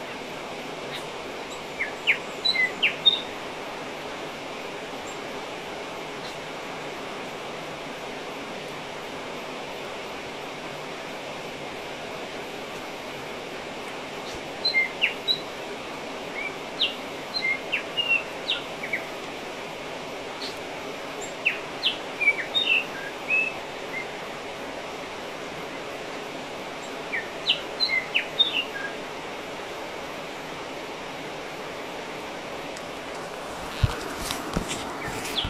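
Birds call over a steady hiss in a basin on New Zealand's west coast. Short bright chirps and twittering phrases come in scattered bursts, around 2–3, 15–18, 21–24 and 27–29 seconds. A brief low knocking closes the recording.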